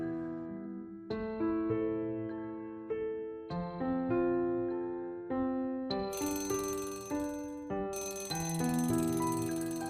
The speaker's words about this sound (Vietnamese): Tiếng chuông đồng hồ báo thức treo in ỏi đánh thức Thùy Dương sau một cơn mộng dài.